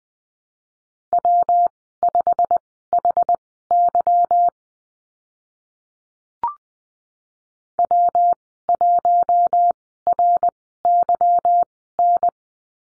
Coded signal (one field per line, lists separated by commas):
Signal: Morse code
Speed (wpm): 20 wpm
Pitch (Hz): 700 Hz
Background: none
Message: W5HY W1RYN